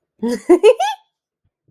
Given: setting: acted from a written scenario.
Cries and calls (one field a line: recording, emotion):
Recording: vocal sound without words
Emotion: elation